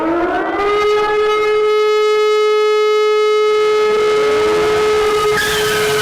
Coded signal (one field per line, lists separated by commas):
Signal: telephone call progress tone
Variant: Europe, 425 Hz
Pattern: dial tone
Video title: Пиренея ALT eas сирена